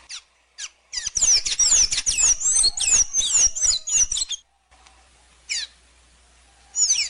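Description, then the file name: Blue dacnis song: a rapid, high, squeaky twittering phrase of about three seconds, followed by a pause and two isolated high chips. "canto da pipira azul"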